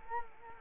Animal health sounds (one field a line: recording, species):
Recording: mosquito wingbeat signal from an infrared sensor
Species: Culex quinquefasciatus